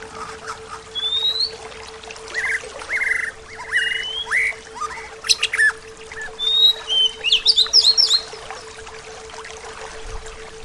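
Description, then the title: Bird song in a busy mix of short whistled upslurs, buzzy mid-pitched notes and high chirps, with a steady low hum throughout. "SuaraBurung Kicau"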